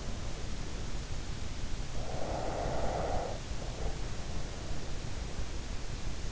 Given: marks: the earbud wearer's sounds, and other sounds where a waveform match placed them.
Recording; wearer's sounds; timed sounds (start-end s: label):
sounds in sleep by an in-ear microphone; breath
1.97-5.40 s: breath